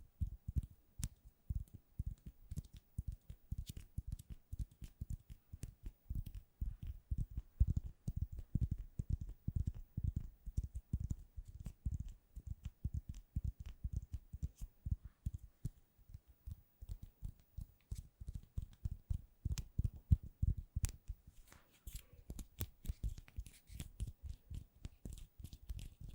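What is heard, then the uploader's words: Rapid tapping plays continuously, a dense stream of dull, low knocks with quick clicky edges. The rhythm is fast and uneven, sometimes clustering into bursts and briefly thinning around twenty-one seconds before picking back up. No other sounds stand out. ASMR Addictive Tapping.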